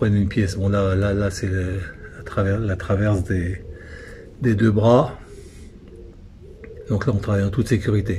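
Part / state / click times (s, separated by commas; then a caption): jack stand locking mechanism under a car / not seated / none. A Peugeot 205 rests on jack stands for safe work while its cross member joining the two arms gets anti-corrosion treatment. Someone talks over quiet background noise, with a few faint short ticks near the end. Nothing has seated or clicked yet in the jack stand locking mechanism.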